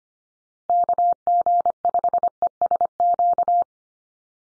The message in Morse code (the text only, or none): KG5ESQ